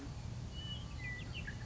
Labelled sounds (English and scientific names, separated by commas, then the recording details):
Western Meadowlark (Sturnella neglecta)
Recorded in Sonoma County, California